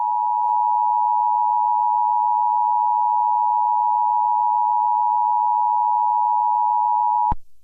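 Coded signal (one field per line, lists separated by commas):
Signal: Emergency Alert System (SAME) tones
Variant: 853 and 960 Hz attention tone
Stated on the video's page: Short fictional EAS scenario about a snow storm warning.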